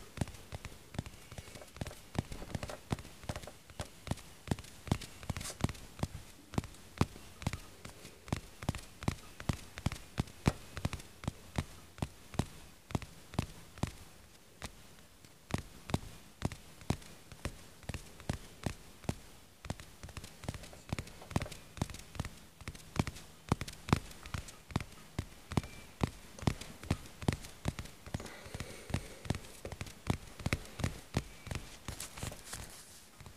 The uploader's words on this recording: Tapping ASMR (aggressive).